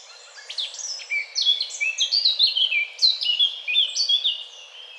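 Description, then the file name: Eurasian blackcap singing a rapid, rich warble of bright high notes, several swooping down in pitch, delivered in a busy unbroken stream. "Sylvia atricapilla"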